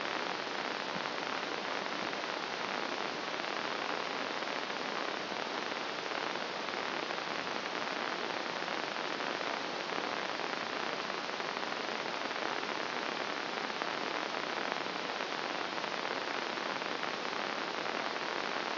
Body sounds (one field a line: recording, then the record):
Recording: brain microelectrode recording played as sound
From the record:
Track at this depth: outside the subthalamic nucleus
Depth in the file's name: 0.942 mm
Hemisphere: left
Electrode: 2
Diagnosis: Parkinson's disease